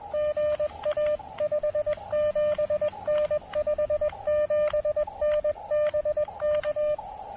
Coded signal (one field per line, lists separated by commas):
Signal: Morse code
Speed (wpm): 21 wpm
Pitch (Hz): 600 Hz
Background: radio noise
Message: GA 57N 57N BK